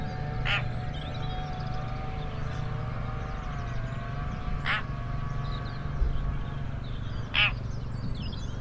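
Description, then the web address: Bird call: three brief rasping notes several seconds apart, while a long whistled tone and other birdsong run through steady low background noise. Call type labelled "Pi Pi Pi Pi" class. "cianscape birddata Deverinetal 2025 File origin Bird Only More Classes Pi Pi Pi Pi"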